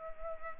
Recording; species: mosquito wingbeat signal from an infrared sensor; Culex pipiens